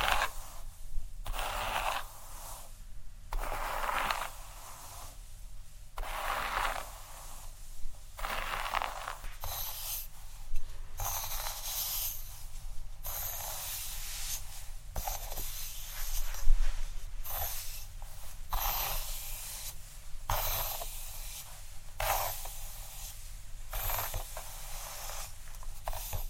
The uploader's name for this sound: Scalp Massage (Head Scratching, Hair Brushing, Shampoo)